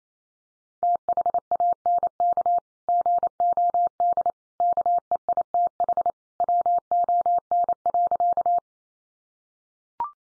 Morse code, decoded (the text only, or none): THANK GOD KEITH WON.